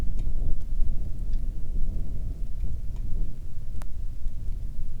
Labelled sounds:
wind
rain

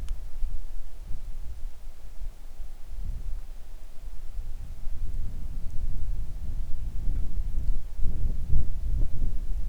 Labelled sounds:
wind

